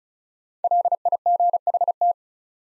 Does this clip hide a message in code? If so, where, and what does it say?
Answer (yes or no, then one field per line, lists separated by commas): yes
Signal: Morse code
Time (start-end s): 0.6-2.1 s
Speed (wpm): 36 wpm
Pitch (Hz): 700 Hz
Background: none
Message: LIGHT